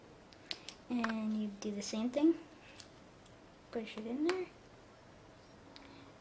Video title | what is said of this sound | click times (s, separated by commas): How to Replace Team Associated SC10 2WD Transmission Bearings | and it should have snapped but that's okay if it doesn't | none